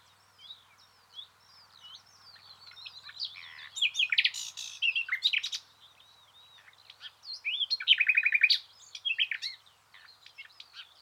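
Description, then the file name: Common nightingale song mixing slurred whistles and chirps with two loud bursts of fast trilled notes. "Luscinia megarhynchos"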